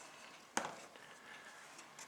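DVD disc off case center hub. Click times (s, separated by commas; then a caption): 0.6 s. A DVD disc from a 2009 Star Trek U.S.S. Enterprise 2-Disc Digital Copy Special Edition set is released from its case's center hub when the hub is pressed. The disc pops off with a sharp click at 0.6 s, followed by quieter handling sounds.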